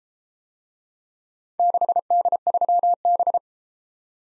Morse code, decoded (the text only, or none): 6D3B